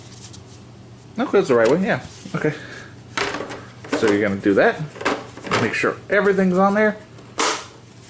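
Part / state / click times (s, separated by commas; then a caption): plastic cover plate onto game console body / seated / 7.4 s. A plastic cover plate is pressed onto a PS5 console body until its tabs engage, while someone talks. A single sharp snap sounds at 7.4 s, and the plate is seated in place.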